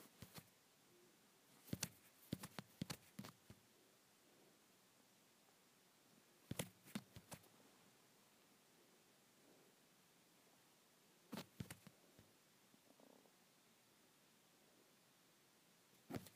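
A phone is rubbed and handled, producing sharp scratchy clicks and scrapes that come in short bursts around the start, near seven seconds, around eleven to twelve seconds and at the very end. Between bursts there is a faint steady hiss.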